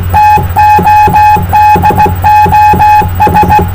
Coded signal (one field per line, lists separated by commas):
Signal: Morse code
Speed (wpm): 18 wpm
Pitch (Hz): 840 Hz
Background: none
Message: TODOS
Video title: QSO CW PS7RR XAVIER 10M